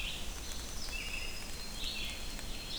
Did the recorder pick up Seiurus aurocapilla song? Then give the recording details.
no. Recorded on 25 June 2016 at 05:32. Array SBT-6-76